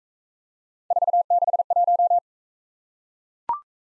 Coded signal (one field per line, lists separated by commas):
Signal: Morse code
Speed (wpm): 42 wpm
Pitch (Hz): 700 Hz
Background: none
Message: 461